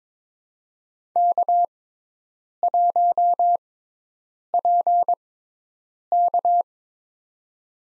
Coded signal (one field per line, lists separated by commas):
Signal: Morse code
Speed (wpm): 22 wpm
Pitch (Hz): 700 Hz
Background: none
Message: K1PK